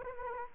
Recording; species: mosquito wingbeat signal from an infrared sensor; Anopheles arabiensis